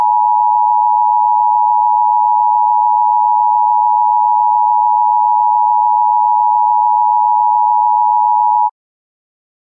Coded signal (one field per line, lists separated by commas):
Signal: Emergency Alert System (SAME) tones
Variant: 853 and 960 Hz attention tone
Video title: EAS Scenario #2 The Great Las Vegas Fire